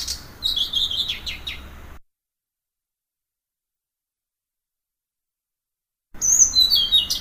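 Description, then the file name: Blue-throated flycatcher song: two short bursts of high, twittering whistles with falling slurs, separated by a long silent gap. "kicau sikatan blue throated. omkicau"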